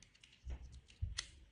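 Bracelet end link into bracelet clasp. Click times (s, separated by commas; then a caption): 1.2 s. A removable middle piece of a stainless steel and leather men's bracelet has been popped out to shorten it, and the bracelet end link is pushed into the clasp. Low handling thumps are followed by a sharp, small metal click at 1.2 s as the link locks into the clasp.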